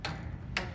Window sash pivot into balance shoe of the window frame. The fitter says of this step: And again, the listen for that click, and your balance is now engaged.